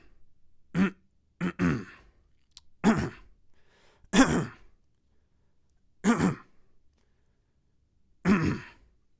Male Throat Clearing Various.